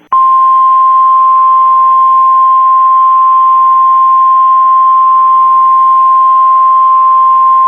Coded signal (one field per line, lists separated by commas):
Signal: Emergency Alert System (SAME) tones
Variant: 1050 Hz attention tone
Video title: EAS Scenario - The Hypercell